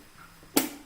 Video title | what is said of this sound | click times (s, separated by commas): Holiday Baking: Sugar Cookies | here we go put that in there and then just let it click in place | 0.6 s